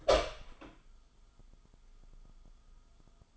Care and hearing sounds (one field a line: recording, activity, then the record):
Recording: daily activity, microphone in the room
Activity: open door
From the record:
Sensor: 5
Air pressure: 1005.0 hPa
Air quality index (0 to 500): 99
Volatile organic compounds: 2 ppm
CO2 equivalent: 1210 ppm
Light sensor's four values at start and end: 35/80/32/31 and 34/80/32/31